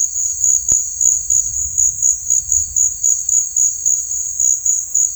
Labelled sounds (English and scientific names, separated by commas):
none